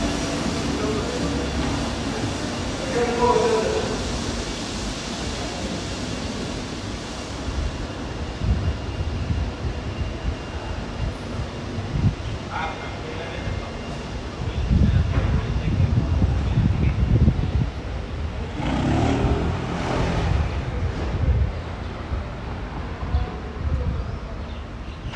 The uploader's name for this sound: Tel Aviv City Sounds